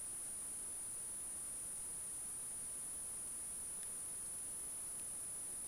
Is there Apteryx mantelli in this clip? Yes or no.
no